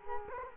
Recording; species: mosquito wingbeat signal from an infrared sensor; Culex quinquefasciatus